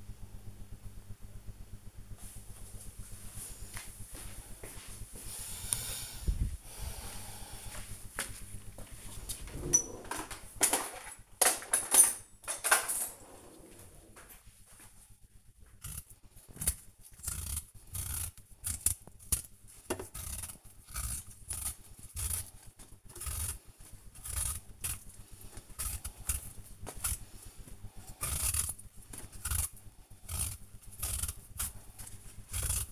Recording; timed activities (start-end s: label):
household activities, microphone on the right wrist
8.81-32.92 s: cutting vegetables